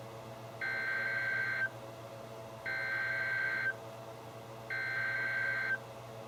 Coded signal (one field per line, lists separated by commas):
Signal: Emergency Alert System (SAME) tones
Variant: header bursts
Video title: EAS #34-#42: Two Double Headers and Emergency Management | KHB36